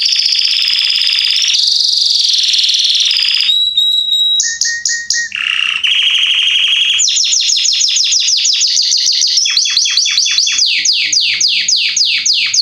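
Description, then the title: Belgian canary song: long sustained buzzy rolls, a few held whistled tones, then a fast rattling series of descending chirps. Male Belgian canary singing very strongly, to warm up young canaries. "Canary Training Esquente Seu Filhote E Canario Belga Macho Cantando Muito. Canrio Belga Salsa cantando muito forte"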